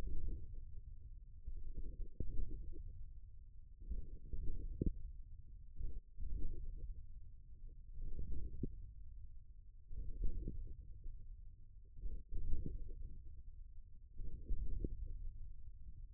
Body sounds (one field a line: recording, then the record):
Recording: forearm muscle sounds (acoustic myography)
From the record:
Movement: wrist extension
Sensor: system 1, eight BSWA MPA416 microphones around the upper forearm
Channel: 6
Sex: male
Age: 41 years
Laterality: right